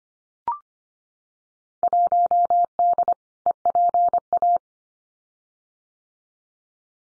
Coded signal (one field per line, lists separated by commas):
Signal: Morse code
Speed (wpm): 25 wpm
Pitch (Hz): 700 Hz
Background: none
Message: 1D EPA